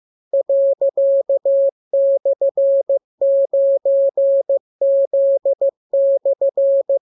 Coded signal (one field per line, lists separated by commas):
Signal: Morse code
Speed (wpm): 15 wpm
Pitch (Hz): 550 Hz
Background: none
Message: ./9Z/